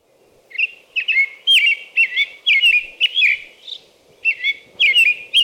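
American robin caroling, a string of clear whistled phrases in quick succession, some with shrill high notes, over a steady low hum.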